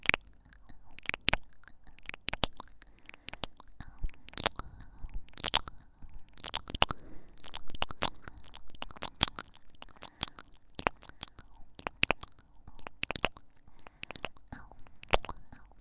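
Ear pecks and kisses: a steady stream of sharp, wet smacks and pops, irregular but dense, often two or three in quick succession. Between the kisses there is a soft, faint murmur of mouth noise, and the pace holds throughout.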